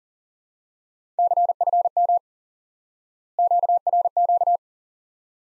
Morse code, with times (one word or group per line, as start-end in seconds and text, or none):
1.2-2.2 CFM
3.4-4.6 QRQ